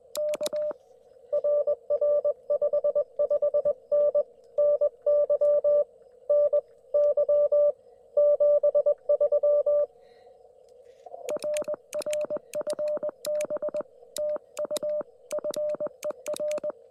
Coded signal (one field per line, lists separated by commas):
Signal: Morse code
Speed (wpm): 20 wpm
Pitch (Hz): 600 Hz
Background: none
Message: K RR 55N NY NY 73 RR FB TU FER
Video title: Indiana CW at US-4178 with the QRP Labs QMX and 50W Amp!